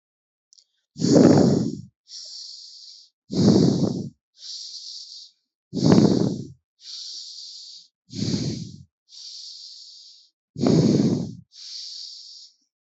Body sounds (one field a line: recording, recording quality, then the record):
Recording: deep breathing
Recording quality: excellent, no background noise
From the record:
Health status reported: healthy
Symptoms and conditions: none ticked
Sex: male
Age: 22 years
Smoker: not ticked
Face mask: not worn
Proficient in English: yes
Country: India